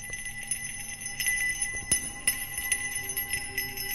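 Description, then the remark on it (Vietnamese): An old man shakes a small hand bell while performing a spell over a blood-soaked straw effigy, giving a steady, bright metallic ringing with sustained high tones and a few sharper jangling strikes, with no voices. “Lão chọc đầu mở mắt, tiếp tục nghiến răng, lắc chuông.”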